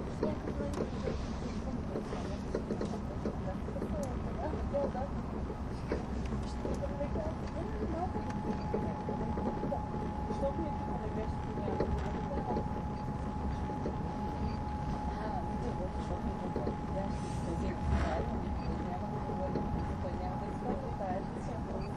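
A train runs along the Gotthard route with a steady low rumble, a thin sustained tone from about eight seconds, and faint voices.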